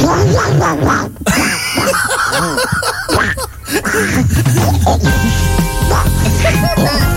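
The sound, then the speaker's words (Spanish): A run of raspy, nasal duck quacks comes in quick, irregular bursts for several seconds, then gives way to steady tonal humming like music or electronic sound near the end. “Oiga, el que está equivocado es el pato. Diga, pato, era tu estéreo.”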